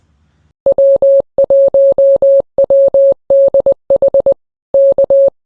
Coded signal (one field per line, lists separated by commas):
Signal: Morse code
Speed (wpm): 20 wpm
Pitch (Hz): 550 Hz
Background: none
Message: W1WDH K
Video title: New year and New Bag. Sling bag for a compact POTA QRP activation. #morsecode #hamradio #pota